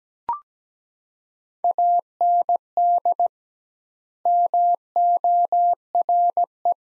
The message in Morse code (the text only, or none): AND MORE